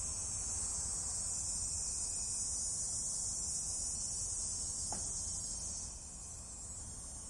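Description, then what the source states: Cicadas keep up an unbroken, high-pitched sizzling drone, easing a little near the end, with a brief faint click midway and low rumble beneath. Michigan, United States; several cicadas.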